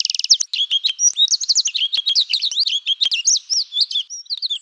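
Bird calls: a fast run of high, sharply slurred chirps and twittering notes, densely packed and uneven, with a short rapid trill at the start and brief clicks between.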